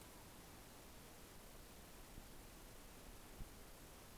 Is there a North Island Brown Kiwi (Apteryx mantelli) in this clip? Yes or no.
no